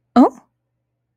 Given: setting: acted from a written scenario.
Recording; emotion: vocal sound without words; positive surprise